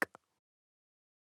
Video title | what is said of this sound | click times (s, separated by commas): 2 v3 Solar Suitcase_Installing the Solar Panel | connect the home run cable to the solar panel listen for a click | 0.0 s